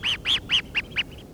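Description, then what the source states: Red Phalarope calls: five short, sharp, high chips in quick succession, the last ones briefer, over faint background hiss. Robin-sized seabird seen on pelagic trips; its plumage turns gray in winter.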